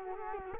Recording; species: mosquito wingbeat signal from an infrared sensor; Culex quinquefasciatus